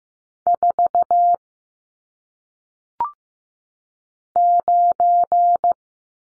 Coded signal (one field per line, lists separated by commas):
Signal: Morse code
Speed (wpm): 15 wpm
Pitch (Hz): 700 Hz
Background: none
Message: 4 9